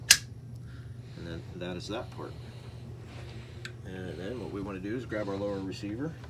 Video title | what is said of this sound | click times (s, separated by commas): How to break down and reassemble dpms ar-15 | then it's ready to slide all the way through you'll hear it click and then | 0.1 s